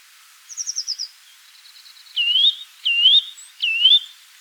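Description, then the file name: Eurasian nuthatch giving a quick high trill, then three loud upslurred whistled calls under a second apart. "Sitta europaea"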